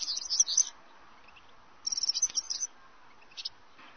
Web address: chants Serin cini